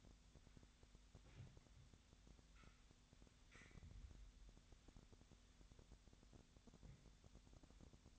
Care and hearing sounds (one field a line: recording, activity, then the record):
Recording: daily activity, microphone in the room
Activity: wipe stove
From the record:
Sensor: 3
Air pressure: 1007.0 hPa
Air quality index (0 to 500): 204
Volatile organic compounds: 18 ppm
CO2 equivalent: 2612 ppm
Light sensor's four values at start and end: 12/28/11/11 and 12/28/12/11